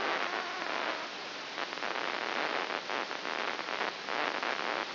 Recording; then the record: brain microelectrode recording played as sound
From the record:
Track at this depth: inside the subthalamic nucleus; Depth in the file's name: 4.201 mm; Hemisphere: right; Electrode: 2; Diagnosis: Parkinson's disease